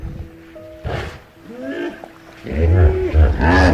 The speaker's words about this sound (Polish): No hipcio! A, hipopotam!